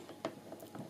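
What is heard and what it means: A clock minute hand, lined up with 12, is pushed down onto the spindle of a quartz clock movement. It snaps on with a sharp click at 0.3 s, followed by two softer clicks at 0.5 s and 0.8 s. The hand is seated.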